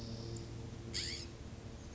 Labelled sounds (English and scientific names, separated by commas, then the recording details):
California Scrub-Jay (Aphelocoma californica)
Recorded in Sonoma County, California